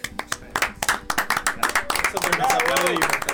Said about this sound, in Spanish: Bueno, muchas gracias. Por la invitación. Por invitarme. Que hayan mostrado lo que saben hacer y los despedimos con un aplauso.